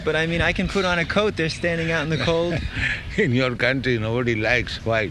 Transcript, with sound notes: But I mean I can put on a coat. They're standing out in the cold.
[laughing] In your country nobody likes white;